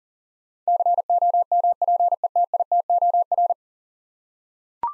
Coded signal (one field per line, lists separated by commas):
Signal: Morse code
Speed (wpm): 40 wpm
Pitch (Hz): 700 Hz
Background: none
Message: COMPETITOR